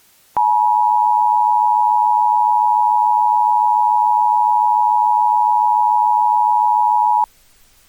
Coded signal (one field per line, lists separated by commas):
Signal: Emergency Alert System (SAME) tones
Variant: 853 and 960 Hz attention tone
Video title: EAS Mock Up (First Time Making A EAS)